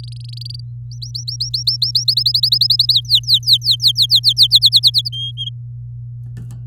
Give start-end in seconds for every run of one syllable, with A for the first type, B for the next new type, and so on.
0.00-0.60 A, 0.91-2.04 B, 2.08-2.93 C, 2.94-4.47 D, 4.50-5.09 E, 5.12-5.49 F